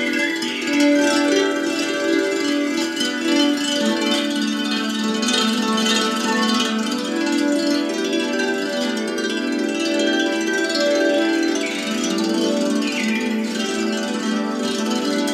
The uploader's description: the Hang drum, the Native American Flute, Balinese Cowbells, Tibetan Singing Bowls, Koshi Bamboo Chimes, & A Therapeutic Lap Harp